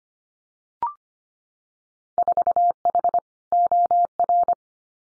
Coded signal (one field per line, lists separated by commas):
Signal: Morse code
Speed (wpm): 25 wpm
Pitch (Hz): 700 Hz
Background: none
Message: 4H OR